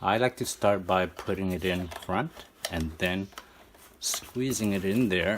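A 3D-printed adapter is started at the front and then squeezed onto a headset boom while someone talks, with faint handling sounds under the speech. Nothing has seated or clicked yet; the adapter is handled but not yet home.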